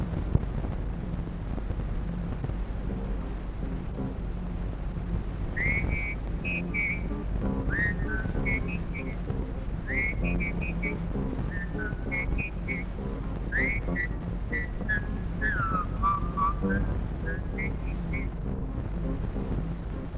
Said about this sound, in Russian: Ты что, мой друг, свистишь, мешает жить Париж?